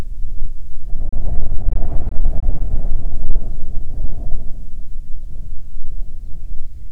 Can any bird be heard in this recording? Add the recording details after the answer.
yes. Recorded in the Arctic National Wildlife Refuge, Alaska, on 9 July 2019 at 21:41. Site 48